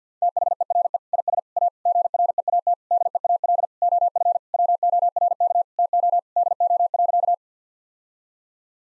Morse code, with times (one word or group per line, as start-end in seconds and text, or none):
0.2-1.0 THERE
1.1-1.4 IS
1.6-1.7 A
1.9-2.7 GREAT
2.9-3.6 DEAL
3.8-4.4 OF
4.5-5.6 WORK
5.8-6.2 TO
6.4-7.3 DO.